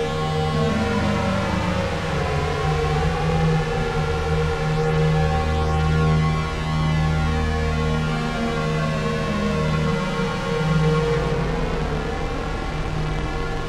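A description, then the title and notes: A Moog synthesizer calibrating through effects, a dense steady drone of layered tones whose low notes shift every second or two. It's the sound of my 8 voice Moog Poly Phatty calibrating through a Dreadbox Hypnosis. Recorded in Audacity.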